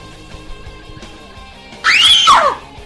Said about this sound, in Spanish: ¿Qué te pasa? ¿Estás loca o qué? ¿Quieres dejar de gritar?